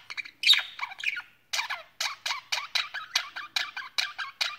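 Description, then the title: Budgerigar giving a loud squawk followed by a steady series of short, rasping chirps repeated roughly every quarter of a second. "Budgie Sounds"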